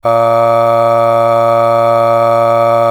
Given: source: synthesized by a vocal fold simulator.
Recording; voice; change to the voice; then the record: sustained vowel; male; aspiration noise (breathiness), level 7 of 10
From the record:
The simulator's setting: 1.56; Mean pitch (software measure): 115 Hz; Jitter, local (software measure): 0.48%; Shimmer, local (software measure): 4.9%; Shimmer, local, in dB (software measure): 0.43 dB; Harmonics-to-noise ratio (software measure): 19.1 dB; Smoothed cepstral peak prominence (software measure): 16.7 dB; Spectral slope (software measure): -17.2 dB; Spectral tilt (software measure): -8.8 dB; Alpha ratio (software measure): -7.6 dB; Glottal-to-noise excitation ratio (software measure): 0.962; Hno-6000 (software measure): 2.1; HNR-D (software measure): 22.9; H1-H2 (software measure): 4.9 dB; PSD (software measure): 3.6e-05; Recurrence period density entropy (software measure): 0.108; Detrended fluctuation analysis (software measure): 0.0545